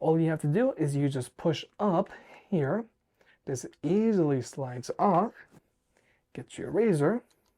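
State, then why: Not seated. Someone talks while handling a Manscaped Lawnmower electric body trimmer, pushing up to slide off its head and then bringing the razor/foil head back toward the trimmer body. Only speech is heard. The clip ends just before the plastic head goes home, so nothing has seated or clicked yet.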